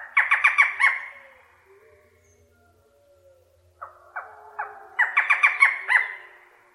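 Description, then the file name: Barred forest falcon calling with two series of harsh, barking notes separated by a quiet pause, the second series longer. "suara barredforest"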